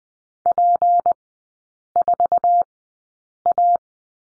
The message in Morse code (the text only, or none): P4A